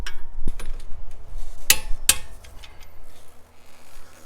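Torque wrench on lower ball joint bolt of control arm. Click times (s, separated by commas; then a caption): 1.7 s, 2.1 s. A click-type torque wrench set to 72 ft-lb tightens the lower ball joint bolt and nut on a lower control arm of a 5th-generation (2013–2018) Nissan Altima. Two sharp metallic clicks ring out at 1.7 s and 2.1 s as the wrench reaches its setting, over faint ratcheting and handling noise. The bolt is torqued to spec.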